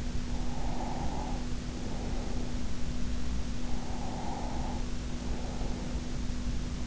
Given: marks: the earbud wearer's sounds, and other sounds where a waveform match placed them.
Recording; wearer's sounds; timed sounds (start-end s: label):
sounds in sleep by an in-ear microphone; breath
0.30-2.62 s: breath
3.68-6.20 s: breath